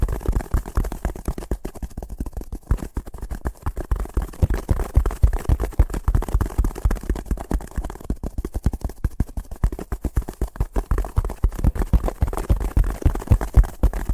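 Fast tapping runs the whole time in a dense, rapid stream of short knocks with hardly a pause. The taps are mostly dull and low with some brighter clicks, and their loudness flickers constantly, with slightly heavier bursts near the two-second and eight-second marks.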